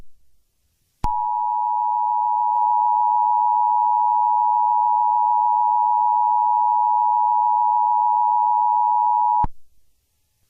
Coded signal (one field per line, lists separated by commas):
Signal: Emergency Alert System (SAME) tones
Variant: 853 and 960 Hz attention tone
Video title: Eas scenario ￼- The Killer (full version)